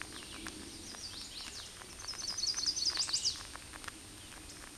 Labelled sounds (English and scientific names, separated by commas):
Chestnut-sided Warbler (Setophaga pensylvanica) song